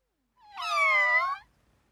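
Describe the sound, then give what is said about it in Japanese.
A single drawn-out cat meow, about a second long, with a tone that rises and then slides down, heard on its own against a quiet background. “猫はミャオと鳴くよ。 Cats say ミャオ。”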